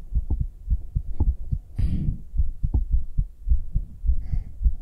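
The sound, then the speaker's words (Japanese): A woman's rapid, steady heartbeat, recorded binaurally with a 3Dio microphone, thumps low and loud, its paired beats racing in quick succession, with a brief rustling burst partway through and no talking. “みんなに、女の心音聞こえちゃってる。女がドキドキしてるの、バレてる。めっちゃ早い。”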